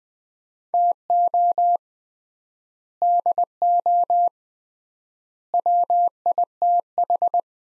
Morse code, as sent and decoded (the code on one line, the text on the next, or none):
- --- / -.. --- / .-- .. - ....
TO DO WITH